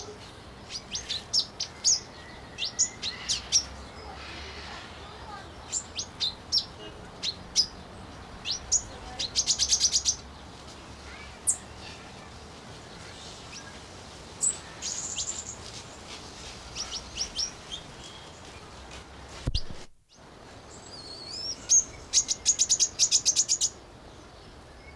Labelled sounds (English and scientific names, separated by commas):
Pin-tailed Whydah (Vidua macroura)